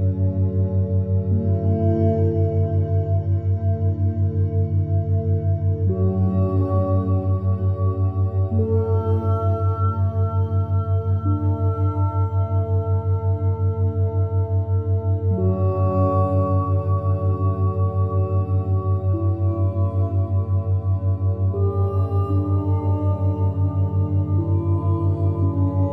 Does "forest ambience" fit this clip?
no